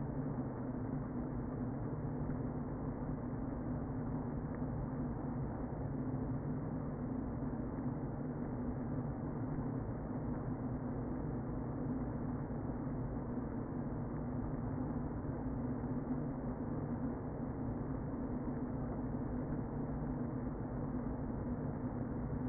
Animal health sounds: honeybee colony, microphone inside the hive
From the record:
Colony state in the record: queen present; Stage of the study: before two queens were removed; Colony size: about 60,000 bees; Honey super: yes

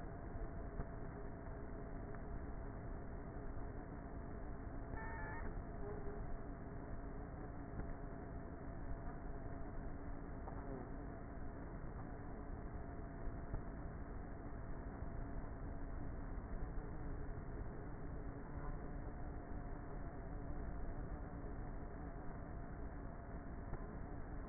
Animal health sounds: honeybee colony, microphone inside the hive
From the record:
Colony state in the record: queenless with a low population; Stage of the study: before two queens were removed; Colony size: about 30,000 bees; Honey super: no

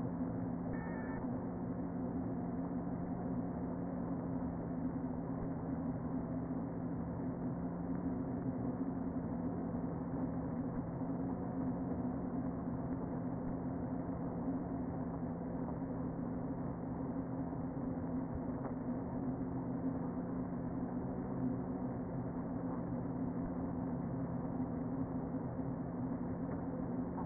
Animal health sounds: honeybee colony, microphone inside the hive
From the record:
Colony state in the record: queen present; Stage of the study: before two queens were removed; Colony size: about 60,000 bees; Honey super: yes

